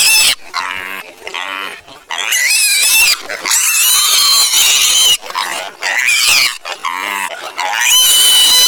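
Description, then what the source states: Piglet squealing in loud, harmonic bursts, shrill cries rising and falling, broken by brief silences between outbursts. Baby piglet.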